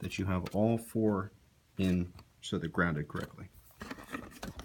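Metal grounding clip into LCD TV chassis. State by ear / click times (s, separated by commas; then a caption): not seated / none. Someone talks while metal grounding clips that replace screws are handled on the chassis of a Samsung UN40MU6290 LCD TV being reassembled, making sure all four are in so they're grounded correctly. A few faint, short ticks of handling come near the end, but nothing has seated or clicked yet.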